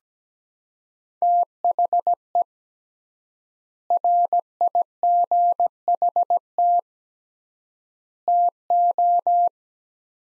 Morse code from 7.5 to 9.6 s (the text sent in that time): TO